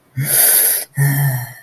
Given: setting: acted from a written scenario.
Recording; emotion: vocal sound without words; relief